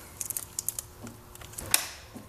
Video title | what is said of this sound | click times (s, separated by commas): Jaguar F-Type (X152) Ep. 5 - AJ126 Engine: The Disassembly Begins | I pushed it down, pushed the clip down with a flathead and it pop right open. | 1.7 s